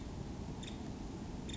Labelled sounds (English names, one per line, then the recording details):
Nuttall's Woodpecker
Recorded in Sonoma County, California